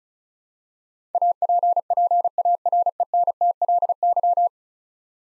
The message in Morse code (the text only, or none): APPARENTLY